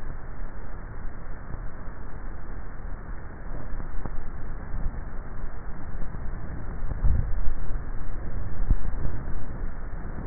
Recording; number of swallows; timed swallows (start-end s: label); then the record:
swallowing sounds by neck microphone; 1
6.77-7.60 s: swallow
From the record:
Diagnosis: dysphagia